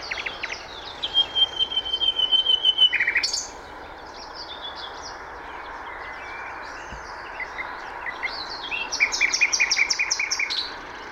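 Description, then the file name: Common nightingale singing: a sequence of repeated clicks, a long high whistled trill, then a pause and another burst of rapid repeated notes over steady background hiss. "Luscinia megarhynchos"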